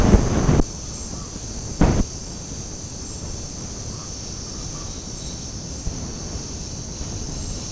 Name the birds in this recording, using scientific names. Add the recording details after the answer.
Ortalis guttata. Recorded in secondary vegetation near Puerto Asís, Putumayo, Colombia, on 20 February 2024 at 08:00. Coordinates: 0.489, -76.322. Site G6419